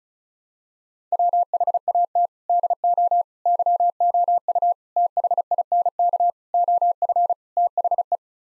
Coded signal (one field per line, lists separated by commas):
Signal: Morse code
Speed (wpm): 34 wpm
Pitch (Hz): 700 Hz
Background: none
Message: WHAT DO YOU THINK OF THE